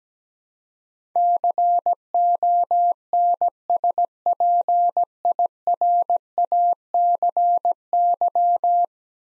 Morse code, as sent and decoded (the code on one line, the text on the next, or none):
-.-. --- -. ... .--. .. .-. .- -.-. -.--
CONSPIRACY